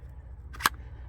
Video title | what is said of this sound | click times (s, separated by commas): Ruger 10/22 Review The Ultimate Do-It-All .22 Rifle? | the barrel into the receiver, you twist, and lock it into place. | 0.7 s